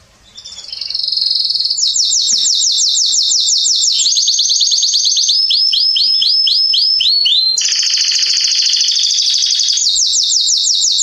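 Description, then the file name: Canary song: an unbroken loud sequence of high trills and quick repeated notes, switching patterns every few seconds, with descending slurred syllables mid-way. "Canary Voice"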